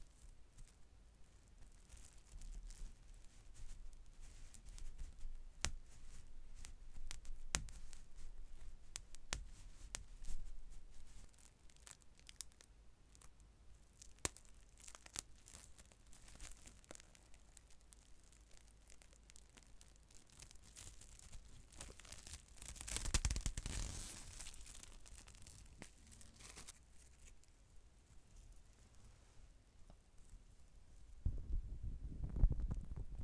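Shaving gel being handled, with soft crackles, sticky clicks and brief rustles scattered throughout. Around the 23-second mark a louder hissing squirt rises and fades, and a lower, fuller burst follows near the end.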